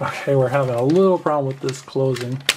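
A plastic trap lid is being handled onto a toy trap base while someone talks about having trouble getting it closed. Faint handling noises sit under the speech, and nothing has seated or clicked yet.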